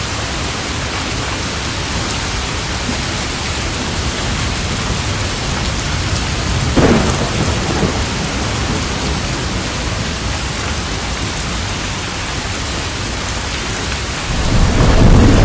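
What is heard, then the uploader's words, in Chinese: Steady, dense rain hisses evenly throughout, with a brief louder low swell near seven seconds and another rising at the very end. 雨声绵绵。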